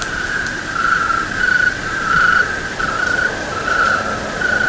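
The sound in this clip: Cricket chirps: ringing pulsed bursts rising and falling in loudness about every second, over a continuous hiss.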